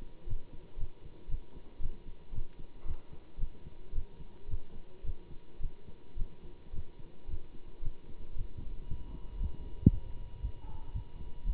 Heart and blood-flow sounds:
heart sounds by stethoscope; between the tricuspid and mitral areas; 113 bpm
0.26 s: heartbeat
0.77 s: heartbeat
1.28 s: heartbeat
1.80 s: heartbeat
2.31 s: heartbeat
2.84 s: heartbeat
3.38 s: heartbeat
3.92 s: heartbeat
4.47 s: heartbeat
5.03 s: heartbeat
5.59 s: heartbeat
6.16 s: heartbeat
6.72 s: heartbeat
7.27 s: heartbeat
7.81 s: heartbeat
8.35 s: heartbeat
8.87 s: heartbeat
9.38 s: heartbeat
9.89 s: heartbeat
10.41 s: heartbeat
10.92 s: heartbeat
11.43 s: heartbeat
From the record:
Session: Bruce protocol treadmill stress test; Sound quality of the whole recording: good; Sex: male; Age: 25 years

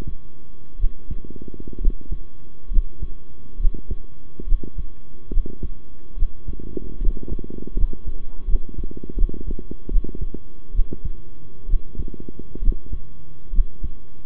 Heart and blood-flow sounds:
heart sounds by stethoscope; between the tricuspid and mitral areas; 71 bpm
0.78 s: heartbeat
1.80 s: heartbeat
2.70 s: heartbeat
3.59 s: heartbeat
4.46 s: heartbeat
5.31 s: heartbeat
6.16 s: heartbeat
7.00 s: heartbeat
7.75 s: heartbeat
8.47 s: heartbeat
9.16 s: heartbeat
9.90 s: heartbeat
10.73 s: heartbeat
11.68 s: heartbeat
12.61 s: heartbeat
13.52 s: heartbeat
From the record:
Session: rest, sitting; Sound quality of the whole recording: good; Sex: male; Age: 23 years

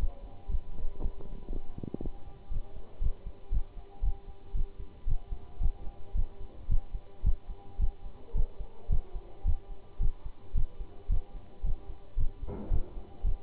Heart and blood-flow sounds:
heart sounds by stethoscope; between the tricuspid and mitral areas; 113 bpm
0.50 s: heartbeat
1.01 s: heartbeat
1.51 s: heartbeat
2.01 s: heartbeat
2.52 s: heartbeat
3.02 s: heartbeat
3.53 s: heartbeat
4.03 s: heartbeat
4.55 s: heartbeat
5.08 s: heartbeat
5.61 s: heartbeat
6.16 s: heartbeat
6.70 s: heartbeat
7.25 s: heartbeat
7.80 s: heartbeat
8.36 s: heartbeat
8.91 s: heartbeat
9.46 s: heartbeat
10.01 s: heartbeat
10.56 s: heartbeat
11.10 s: heartbeat
11.65 s: heartbeat
12.18 s: heartbeat
12.72 s: heartbeat
13.25 s: heartbeat
From the record:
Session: Bruce protocol treadmill stress test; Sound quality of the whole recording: good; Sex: male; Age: 25 years

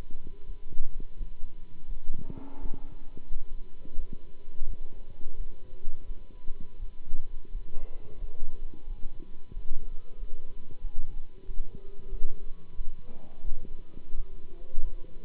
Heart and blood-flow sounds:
heart sounds by stethoscope; between the tricuspid and mitral areas; 88 bpm
0.45 s: heartbeat
1.16 s: heartbeat
1.86 s: heartbeat
2.59 s: heartbeat
3.28 s: heartbeat
3.95 s: heartbeat
4.65 s: heartbeat
5.36 s: heartbeat
6.04 s: heartbeat
6.78 s: heartbeat
7.50 s: heartbeat
8.18 s: heartbeat
8.86 s: heartbeat
9.52 s: heartbeat
10.16 s: heartbeat
10.80 s: heartbeat
11.45 s: heartbeat
12.08 s: heartbeat
12.75 s: heartbeat
13.43 s: heartbeat
14.14 s: heartbeat
14.81 s: heartbeat
From the record:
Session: Bruce protocol treadmill stress test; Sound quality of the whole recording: good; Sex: male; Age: 26 years

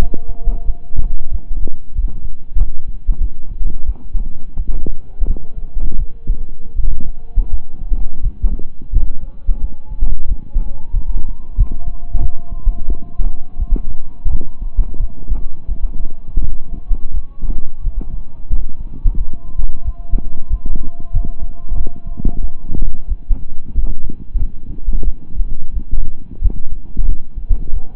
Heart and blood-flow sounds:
heart sounds by stethoscope; between the tricuspid and mitral areas; 89 bpm
0.64 s: heartbeat
1.29 s: heartbeat
1.93 s: heartbeat
2.56 s: heartbeat
3.18 s: heartbeat
3.84 s: heartbeat
4.54 s: heartbeat
5.25 s: heartbeat
5.96 s: heartbeat
6.74 s: heartbeat
7.49 s: heartbeat
8.20 s: heartbeat
8.90 s: heartbeat
9.59 s: heartbeat
10.26 s: heartbeat
10.91 s: heartbeat
11.55 s: heartbeat
12.19 s: heartbeat
12.86 s: heartbeat
13.56 s: heartbeat
14.28 s: heartbeat
14.97 s: heartbeat
15.66 s: heartbeat
16.39 s: heartbeat
17.11 s: heartbeat
17.81 s: heartbeat
18.48 s: heartbeat
19.16 s: heartbeat
19.82 s: heartbeat
20.48 s: heartbeat
21.11 s: heartbeat
21.74 s: heartbeat
22.39 s: heartbeat
23.06 s: heartbeat
23.73 s: heartbeat
24.37 s: heartbeat
25.02 s: heartbeat
25.71 s: heartbeat
26.39 s: heartbeat
27.05 s: heartbeat
27.71 s: heartbeat
From the record:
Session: slow and fast walking with breaks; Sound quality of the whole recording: saturated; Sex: male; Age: 25 years

